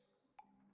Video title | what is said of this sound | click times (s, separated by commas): LEGO Enterprise D unboxing and build - Part 1/2 | Uh the way it snapped in there, you didn't really get to see it. It actually connected in the back | 0.4 s